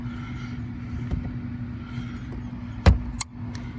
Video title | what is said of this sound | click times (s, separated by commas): A/C Blower Motor Replacement on a 2008 Lincoln MKX 2wheel drive | Alright, you heard the click, it's in there, | 2.9 s, 3.2 s